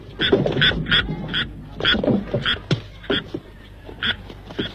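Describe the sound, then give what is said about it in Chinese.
A frog croaks repeatedly, a dozen or so short, rasping calls in an uneven rhythm, fairly loud and with no one talking. “怎么回事？哪儿的青蛙？”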